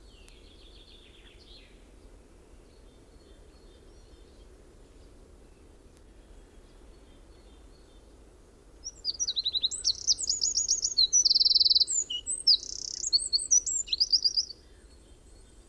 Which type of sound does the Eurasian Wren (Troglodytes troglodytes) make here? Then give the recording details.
song. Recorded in the wild. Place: Ralswiek, Mecklenburg-Vorpommern, DE. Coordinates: 54.475, 13.446. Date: 1975-04-12 05:45. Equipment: Nagra III BH, Sennheiser MD 21, parabola. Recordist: Schubert, Michael